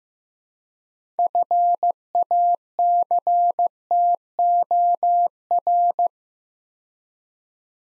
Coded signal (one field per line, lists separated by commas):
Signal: Morse code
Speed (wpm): 15 wpm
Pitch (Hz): 700 Hz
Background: none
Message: FACTOR